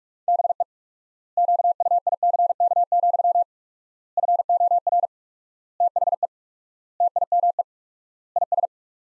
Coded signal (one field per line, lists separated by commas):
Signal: Morse code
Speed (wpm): 42 wpm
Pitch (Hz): 700 Hz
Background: none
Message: BE QUICK, FOR THE TIME IS